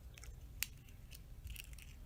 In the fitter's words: And you press it and you hear it clamp together.